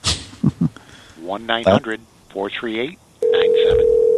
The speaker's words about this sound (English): Okay. Let's give him a call here. See if we can hear his phone ringing in the background.